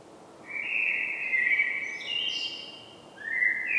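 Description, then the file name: Common blackbird song. A sustained mellow whistled phrase shifts pitch and adds a high, thin squeaky ending, then a fresh fluty phrase starts right after. "Turdus merula"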